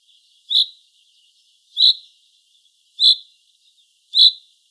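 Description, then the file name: Common chaffinch repeating a brief, sharp high-pitched call four times at a steady pace of roughly one per 1.2 seconds. "Fringilla coelebs"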